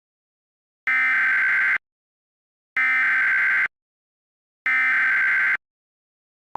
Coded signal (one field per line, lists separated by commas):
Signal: Emergency Alert System (SAME) tones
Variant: header bursts